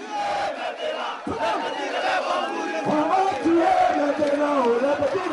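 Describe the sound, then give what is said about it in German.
A crowd of army volunteers in Ivory Coast, who want to fight for Gbagbo, chants a war song together, a loud, continuous, rhythmic group singing with wavering melodic lines and shouted accents throughout. “Wir werden den Tyrannen töten, singen sie.”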